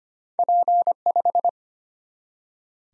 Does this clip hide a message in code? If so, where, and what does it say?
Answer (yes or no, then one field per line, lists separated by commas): yes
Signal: Morse code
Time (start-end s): 0.4-1.5 s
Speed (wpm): 25 wpm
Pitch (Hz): 700 Hz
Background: none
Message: P5